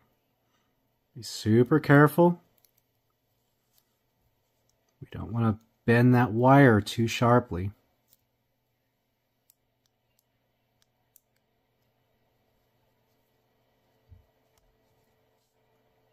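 Someone talks while a crimped metal contact on heavy-gauge wire is handled next to a plastic Anderson Powerpole connector housing, with only a few faint, brief ticks in the quiet between. Nothing has seated or clicked into the housing yet.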